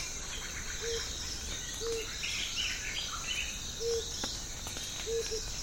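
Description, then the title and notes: Blue-headed coucal song: four separate low hoots spaced one to two seconds apart, with brief chirping birds and a continuous high insect hum. Morning, patch of rainforest in the Congo Plateaux savanna; lush birdsong and fog drip around the coucal as it bursts into song. "Blue-headed Coucal song. African Jungle sfx library"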